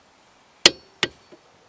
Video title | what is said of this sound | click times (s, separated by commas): Y'A D'LA CASSE #1 - Réparations Arbre de direction | on a entendu le petit clic vous pouvez recommencer elle ira pas plus loin | 0.7 s, 1.0 s